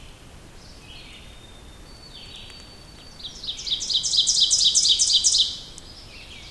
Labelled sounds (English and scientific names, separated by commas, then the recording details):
Ovenbird (Seiurus aurocapilla) song
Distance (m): 10 m
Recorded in boreal forest in Alberta, Canada, on 2 June 2016 at 06:10
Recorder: SongMeter 3, array SBT-3-7
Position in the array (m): 47 m, 150 m
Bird 4